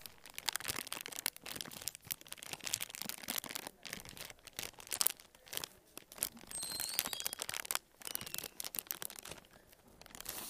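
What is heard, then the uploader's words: Busy crinkling and rustling of objects being handled, with bursts of crisp crunching and brief quiet gaps throughout. ASMR around the class room. Objects that make satisfying noises.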